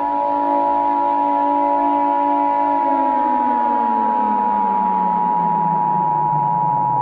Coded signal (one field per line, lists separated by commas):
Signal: Emergency Alert System (SAME) tones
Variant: 853 and 960 Hz attention tone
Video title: (EAS Scenario) The Arctic Tsunami